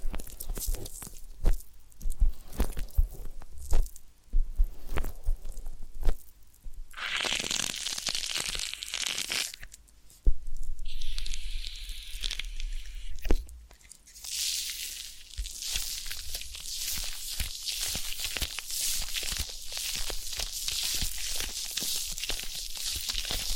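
Close rubbing and crinkling sounds of a massage and ear-cleaning session, made of dense, crackly bursts with quick taps and scrapes. Bright hissing swells rise from about 7 to 9 seconds, around 11 to 13, and again from 15 seconds to the end, under a low thumping.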